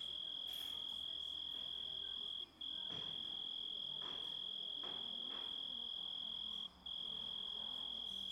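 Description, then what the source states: Grasshopper sustaining a thin, even, high whine with two short dropouts; scattered soft clicks and rustles are heard alongside. Composite of several sounds.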